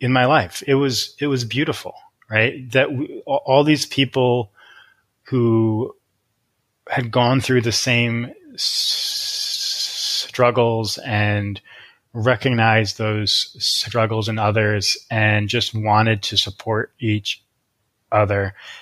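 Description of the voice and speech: An adult man speaking with a word repetition, stretched sounds and long pauses in mid-phrase, consistent with stuttering.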